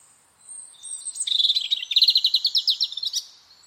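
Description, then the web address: Bird calling, a thin high whistle leading into a fast trill of repeated sharp notes that slowly rises in pitch. "cianscape birddata Deverinetal 2025 Bird Only"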